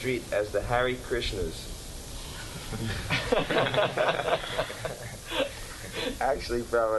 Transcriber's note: laughter